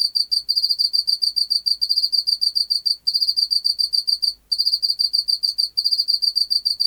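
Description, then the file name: Pacific field cricket song, steady high trilled pulses in bursts separated by brief silences, one longer gap in the second half. "Teleogryllus oceanicus"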